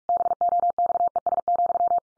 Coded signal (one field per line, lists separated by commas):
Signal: Morse code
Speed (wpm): 44 wpm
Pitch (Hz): 700 Hz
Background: none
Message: BOXES,